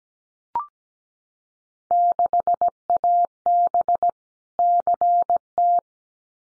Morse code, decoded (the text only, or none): 6AB CT